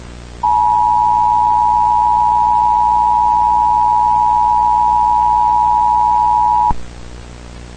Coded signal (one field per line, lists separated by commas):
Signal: Emergency Alert System (SAME) tones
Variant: 853 and 960 Hz attention tone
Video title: PRETTY COLORS - An EAS Scenario (ft. @xhabit_muttonszx)